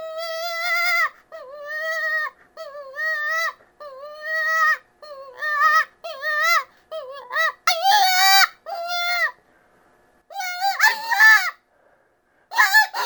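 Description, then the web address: Cottontail rabbit distress cries: steady tonal squeals repeated roughly every second, growing harsher and more strained toward the end, with brief pauses between bursts. "Rabbit 063-Cottontail. Distress"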